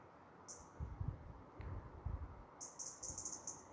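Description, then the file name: European robin with one thin high note, then a longer rapid run of high, shrill notes near the end, over steady low rumble. "Erithacus rubecula"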